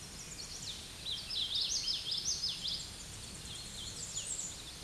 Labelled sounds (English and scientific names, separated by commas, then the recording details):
Common Yellowthroat (Geothlypis trichas) song
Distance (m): 30 m
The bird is about 10 m above the microphone
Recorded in a Pennsylvania forest on 16 May 2024 at 07:45
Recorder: AudioMoth, point MSD-2453
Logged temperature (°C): 16.3 °C
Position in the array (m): 237 m, 173 m